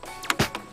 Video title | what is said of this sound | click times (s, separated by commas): Lasfit LED Tail Lights Installation - 2017 SUBARU FORESTER XT | just like that. Yeah, so that's snapped right into place. | 0.3 s